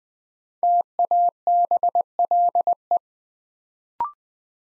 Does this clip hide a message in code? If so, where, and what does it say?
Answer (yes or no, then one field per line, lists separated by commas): yes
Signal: Morse code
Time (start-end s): 0.6-3.0 s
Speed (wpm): 21 wpm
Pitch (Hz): 700 Hz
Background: none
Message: TABLE